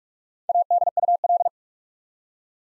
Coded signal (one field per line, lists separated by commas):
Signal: Morse code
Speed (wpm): 44 wpm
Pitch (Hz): 700 Hz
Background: none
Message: ADUL